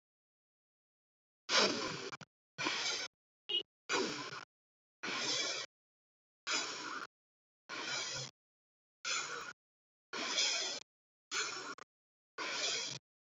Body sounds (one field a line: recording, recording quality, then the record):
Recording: deep breathing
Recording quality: excellent, no background noise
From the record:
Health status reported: recovered from COVID-19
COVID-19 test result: positive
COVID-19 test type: RT-PCR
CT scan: not taken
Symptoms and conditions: none ticked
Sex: female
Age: 26 years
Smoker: no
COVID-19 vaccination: both doses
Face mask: not worn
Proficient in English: yes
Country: India